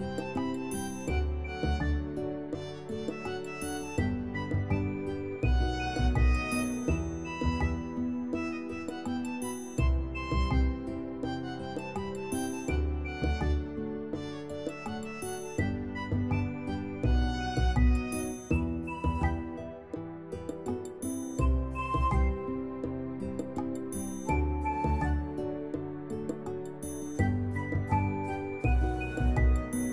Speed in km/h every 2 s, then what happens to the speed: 131, 129, 129, 128, 128, 127, 127, 130, 131, 133, 135, 134, 134, 133, 134.
0-30 steady at about 131.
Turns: none.